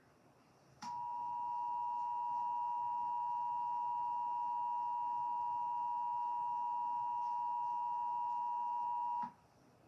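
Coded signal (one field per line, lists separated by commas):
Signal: Emergency Alert System (SAME) tones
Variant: 853 and 960 Hz attention tone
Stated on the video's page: Simulated EAS scenario about the 2024 solar eclipse.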